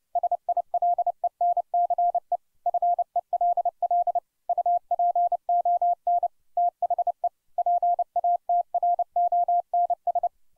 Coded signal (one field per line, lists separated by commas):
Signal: Morse code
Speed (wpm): 29 wpm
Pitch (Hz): 700 Hz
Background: none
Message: SILENCE FELL UPON THE PATRONS